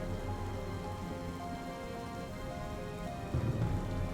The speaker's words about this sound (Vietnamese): Ông Lâm đang đứng trước cửa sổ ngắm nhìn từng hạt mưa rơi.